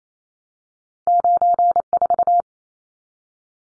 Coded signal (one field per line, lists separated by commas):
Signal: Morse code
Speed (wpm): 28 wpm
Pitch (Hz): 700 Hz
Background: none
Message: 94